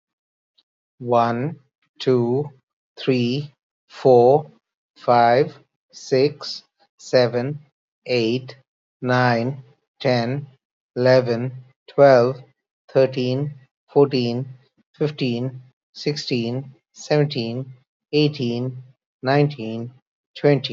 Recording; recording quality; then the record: counting at a normal pace; excellent, no background noise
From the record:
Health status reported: healthy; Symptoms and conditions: hypertension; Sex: male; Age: 43 years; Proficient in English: yes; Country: India